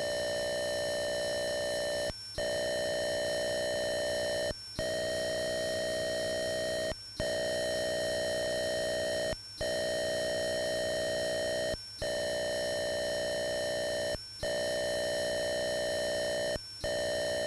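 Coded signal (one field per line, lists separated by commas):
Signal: computer data on cassette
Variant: Atari 8-bit, 600 baud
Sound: steady harsh buzzing tone chord, interrupted by short pauses every couple of seconds, seven times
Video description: Click on the link below to skip loading sequence : 03:59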